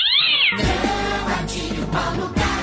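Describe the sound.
A cat meows in a high, drawn-out cry that slides downward in pitch, followed by a dense, loud stretch of wavering, yowling tones that continues to the end.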